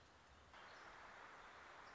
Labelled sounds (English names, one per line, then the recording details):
Warbling Vireo
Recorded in Sonoma County, California